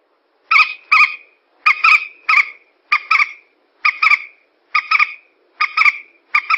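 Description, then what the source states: Yellow-vented bulbul calls: emphatic doubled notes with a bright, rasping tone, the pairs repeated steadily. Bird lure recording.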